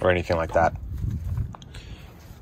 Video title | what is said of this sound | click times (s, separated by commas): MY NEW CHEROKEE WOLF PUP 16TS TRAVEL TRAILER 🏕 🎉 - Full Tour | if it's the frame or not so pretty simple fix i just added a couple washers push this out and it latches real nice now and it doesn't impede the door | 1.6 s